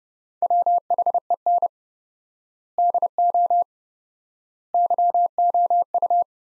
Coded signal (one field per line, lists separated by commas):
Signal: Morse code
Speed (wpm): 32 wpm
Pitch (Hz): 700 Hz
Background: none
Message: WHEN DO YOU